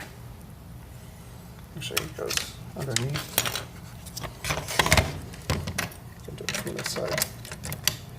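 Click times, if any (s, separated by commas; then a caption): none. A plastic interior trim panel around the garage door opener module in a Mk7 Golf is handled and fed underneath from one side while someone talks. Plastic rustling, tapping and a few sharp knocks are heard, but nothing has seated or clicked yet.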